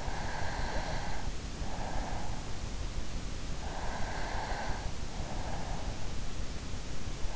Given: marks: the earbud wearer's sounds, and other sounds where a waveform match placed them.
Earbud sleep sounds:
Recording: sounds in sleep by an in-ear microphone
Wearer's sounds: breath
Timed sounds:
0.00-2.62 s: breath
3.71-6.00 s: breath

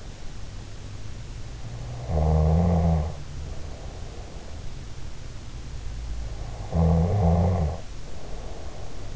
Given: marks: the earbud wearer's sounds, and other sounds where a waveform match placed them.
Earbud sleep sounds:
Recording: sounds in sleep by an in-ear microphone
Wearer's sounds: snoring breath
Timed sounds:
1.90-4.68 s: snoring breath
6.49-9.16 s: snoring breath

